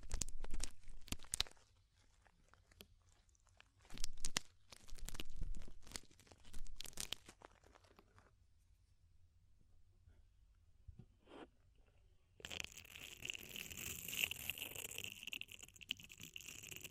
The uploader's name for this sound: DEEP Ear Penetrating Cleaning